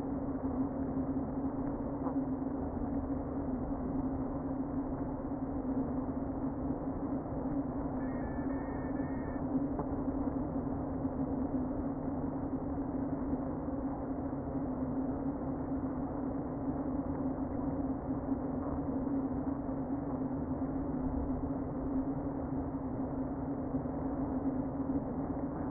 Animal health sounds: honeybee colony, microphone inside the hive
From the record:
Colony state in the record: queen present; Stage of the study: before two queens were removed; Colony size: about 60,000 bees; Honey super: yes

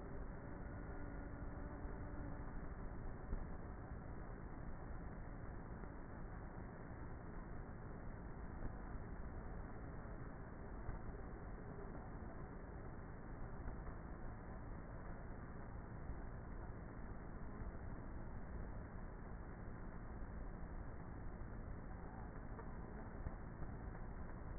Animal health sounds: honeybee colony, microphone inside the hive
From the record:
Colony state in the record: queenless with a low population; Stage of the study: before two queens were removed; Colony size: about 30,000 bees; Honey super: no

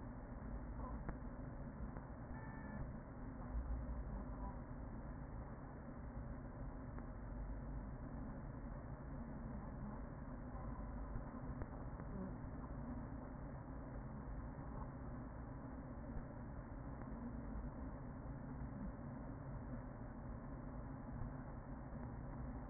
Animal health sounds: honeybee colony, microphone inside the hive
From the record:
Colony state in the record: queen present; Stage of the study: after two queens were removed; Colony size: about 40,000 bees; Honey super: no

